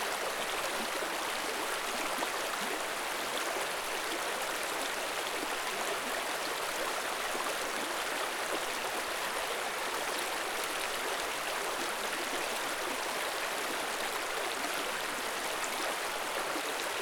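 A forest river flows in a steady, dense rush of bright splashing and hiss, unchanging throughout, close by with little low rumble beneath.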